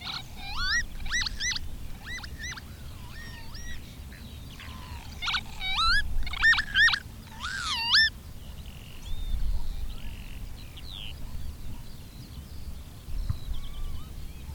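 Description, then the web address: Bird calls, a rapid series of whistled, wavering harmonic notes for about eight seconds, then softer scattered chatter. "madarak enek"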